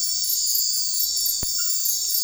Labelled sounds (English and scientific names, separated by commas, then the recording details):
none
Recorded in secondary vegetation near Puerto Asís, Putumayo, Colombia, on 4 March 2025 at 01:30
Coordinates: 0.499, -76.323
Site G094